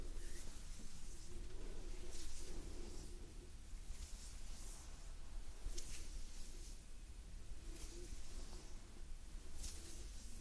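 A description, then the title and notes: Gentle hand movements and breathing, with soft airy swells of hiss returning about every two seconds, each rising and fading smoothly. Underneath, a steady low rumble and faint rustling continue at an even level throughout. Gentle Hand Sounds Movements & Breathing.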